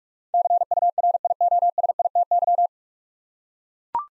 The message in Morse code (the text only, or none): CURIOSITY